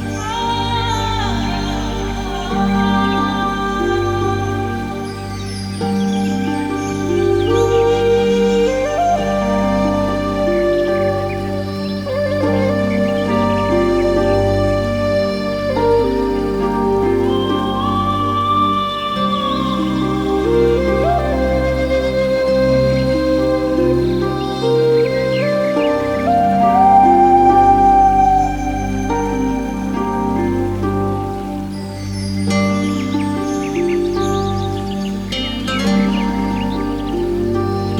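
Chakra meditation music plays steadily, built from long sustained tones over a constant low drone. Slow melodic lines rise and fall above it, with gentle glides around 18 and 27 seconds, and the bass briefly thins near 25 seconds before returning.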